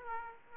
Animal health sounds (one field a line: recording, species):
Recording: mosquito wingbeat signal from an infrared sensor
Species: Aedes aegypti